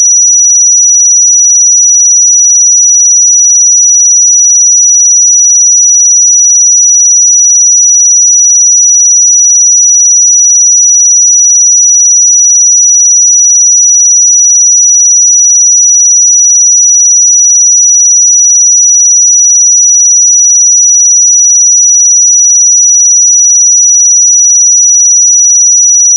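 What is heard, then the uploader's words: A pure sine tone at 5859 Hz sounds for the whole clip, a single thin, bright, piercing pitch. It holds perfectly steady in pitch and loudness from start to finish, with no other sounds behind it. 5859 Hz 1 Hz Interval Sine Pure Tone Frequency 441000 Sample Mono.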